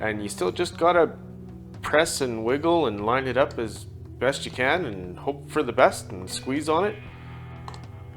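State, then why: Seated. On a Kawasaki Z125 Pro getting heavy-duty clutch springs, a clutch release bearing coated in assembly lube (added because the heavier springs make its job harder) is pressed, wiggled, lined up and squeezed into the clutch assembly. Someone talks over background music throughout. The part snaps into place with two sharp clicks at about 7.7 s and 7.7 s, seated.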